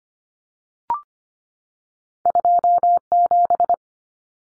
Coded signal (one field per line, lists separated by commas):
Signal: Morse code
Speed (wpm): 25 wpm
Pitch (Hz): 700 Hz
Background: none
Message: 27